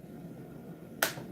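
A cut window panel piece is pushed into an opening in a truck's engine bay cover. The clip stays quiet until a single sharp knock at 1.0 s. The piece does not seat because small fins are in the way, and nothing has clicked into place yet.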